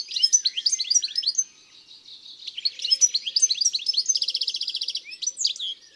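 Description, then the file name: European goldfinch song: tumbling high twitters and chirps ending in a quick even buzzy trill, then a few more bright notes. Recorded in February. "Fevrier Le Chardonneret elegant"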